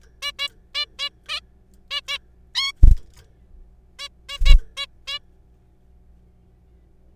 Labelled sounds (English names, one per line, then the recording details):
Zebra Finch
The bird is a juvenile
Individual R3428